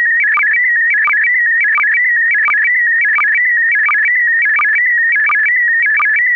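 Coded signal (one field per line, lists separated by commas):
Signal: SSTV (slow-scan television)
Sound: warbling, stepping whistle around 2 kHz with regular low chirps, continuous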